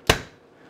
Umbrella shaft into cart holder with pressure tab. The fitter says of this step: you can hear it snap as it goes in there and then this piece comes out